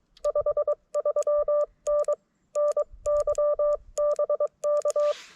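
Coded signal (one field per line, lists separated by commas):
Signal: Morse code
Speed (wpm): 22 wpm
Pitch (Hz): 590 Hz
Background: none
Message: 53N NY BK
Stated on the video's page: QRP CW activation on a Penntek TR-35 under very poor solar and band conditions.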